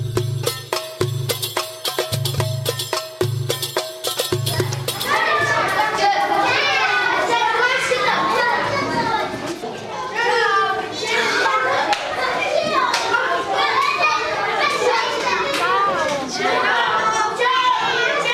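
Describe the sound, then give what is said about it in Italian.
Schoolchildren from a class at a European Union-funded school in the Al-Zatari refugee camp in Jordan chatter and shout all at once in a loud, busy jumble of high voices, opening with a few seconds of steady rhythmic thumps before the crowd noise takes over. “Sono i bambini di una classe della scuola finanziata dall'Unione Europea nel campo profughi di Al-Zatari, in Giordania.”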